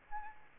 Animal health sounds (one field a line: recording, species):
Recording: mosquito wingbeat signal from an infrared sensor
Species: Aedes albopictus